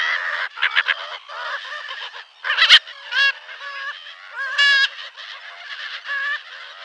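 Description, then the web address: Slender-billed gull calls: a dense chorus of nasal, wavering cries overlapping continuously, with a few louder notes standing out. Calls given at the nest. "Schulze Peter Slender-billed Gull calls at-nest"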